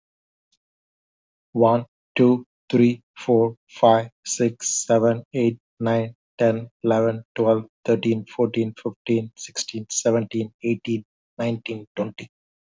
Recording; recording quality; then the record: counting at a normal pace; excellent, no background noise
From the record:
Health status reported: healthy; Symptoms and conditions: none ticked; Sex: male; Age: 50 years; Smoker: not ticked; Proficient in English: yes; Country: United States